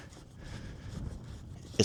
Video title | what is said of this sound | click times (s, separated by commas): Portable Battery Powered Fuel Transfer Pump (Testing/Review) | it's going to lock into place. This is great, everybody. | 1.8 s